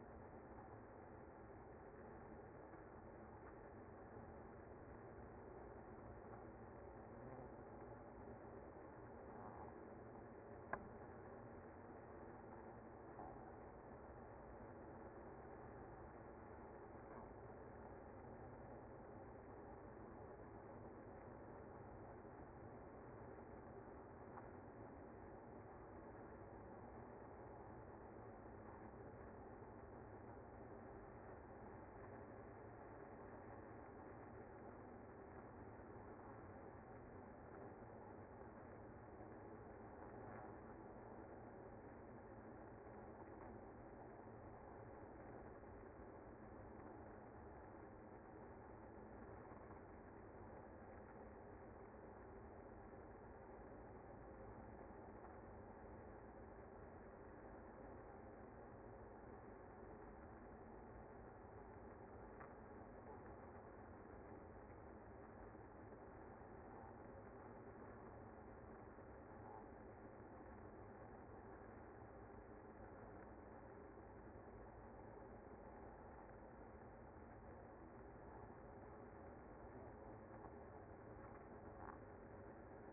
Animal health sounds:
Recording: honeybee colony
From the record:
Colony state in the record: active

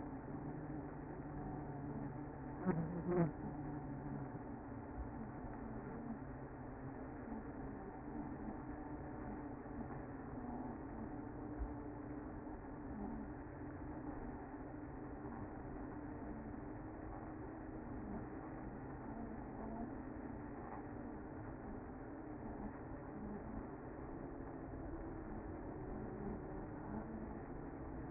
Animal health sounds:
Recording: honeybee colony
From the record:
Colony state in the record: active

